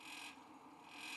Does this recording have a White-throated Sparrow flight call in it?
no